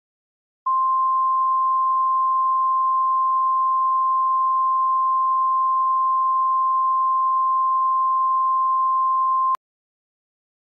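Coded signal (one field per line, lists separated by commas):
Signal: Emergency Alert System (SAME) tones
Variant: 1050 Hz attention tone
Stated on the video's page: Fictional EAS scenario made with sounds from other sources.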